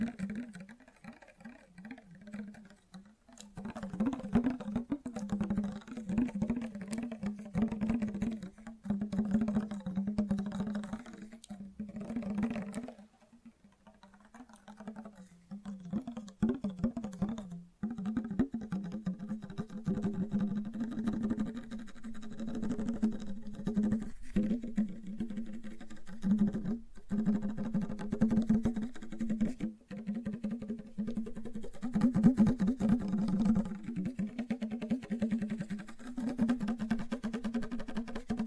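Gentle, quick tapping runs for most of the clip, a dense patter of soft taps over a low, steady hum. Brief pauses interrupt it near 3, 13 and 17 seconds, and sharper clicks stand out now and then, especially toward the end.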